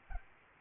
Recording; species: mosquito wingbeat signal from an infrared sensor; Aedes albopictus